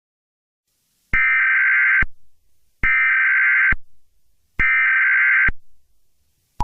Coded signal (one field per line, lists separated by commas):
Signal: Emergency Alert System (SAME) tones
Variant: header bursts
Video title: WW3 EAS Part 5A: Fractured